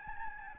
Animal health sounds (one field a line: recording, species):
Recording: mosquito wingbeat signal from an infrared sensor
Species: Aedes albopictus